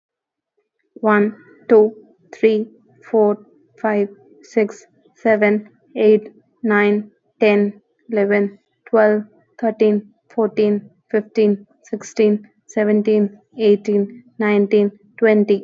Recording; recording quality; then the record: counting at a normal pace; excellent, no background noise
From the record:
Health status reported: healthy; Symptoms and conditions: none ticked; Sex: female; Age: 24 years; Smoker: not ticked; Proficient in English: yes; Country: India